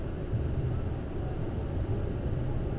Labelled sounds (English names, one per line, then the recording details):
none
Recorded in Germany
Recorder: ecoPi